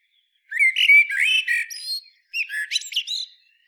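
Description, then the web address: Eurasian blackbird song: a flowing fluted warble, a short pause, then a second burst of squeaky, twittering high notes. "SETE Turdus merula"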